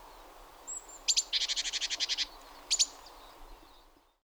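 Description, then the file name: Great tit call: a thin high note, then a rapid train of about ten buzzy churring notes, followed by a short double note after a pause. "Parus major"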